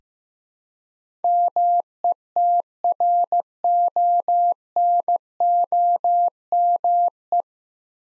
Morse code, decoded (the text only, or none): METRONOME